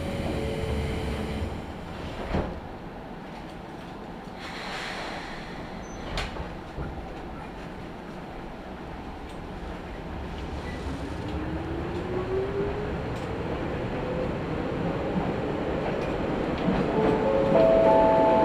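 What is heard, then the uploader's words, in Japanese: A ride on the Izuhakone Railway Daiyuzan Line between Daiyuzan and Anabe, with a steady low rumble of the train running throughout. Sharp clicks and clunks from the wheels land around 2.5 and 6 seconds, a rising whine enters near 11 seconds, and the rumble swells louder toward the end. 伊豆箱根鉄道 大雄山線 大雄山→穴部。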